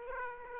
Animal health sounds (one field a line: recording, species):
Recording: mosquito wingbeat signal from an infrared sensor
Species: Aedes aegypti